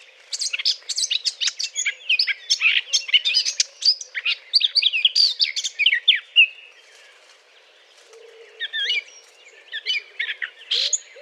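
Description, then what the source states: Eurasian blackcap warbling rapidly for about six seconds, falling quiet briefly, then resuming with a few scattered chattering phrases. Courtship song.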